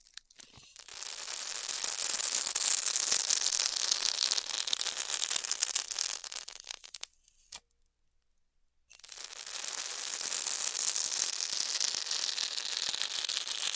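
A hot wire cuts through styrofoam with a dense, bright crackling hiss full of rapid tiny pops. The sizzle runs steadily from about one second to seven, drops to near silence with a single click around 7.5 seconds, then resumes at nine and continues to the end.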